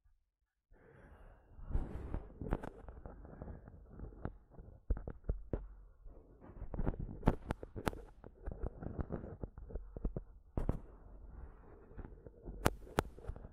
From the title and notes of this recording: ASMR Mic Tapping and Scratching (No Talking).